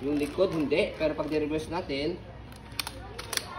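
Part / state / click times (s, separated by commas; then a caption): front wheel swivel lock on a stroller / seated / 2.8 s, 3.4 s. Someone talks for about the first two seconds, then, with the handle of an Aprica Luxuna Bitte Sofa Cushion stroller reversed and the front lifted, the front wheel swivel lock engages with sharp plastic clicks at 2.8 s and 3.4 s. The front swivel wheels lock in place.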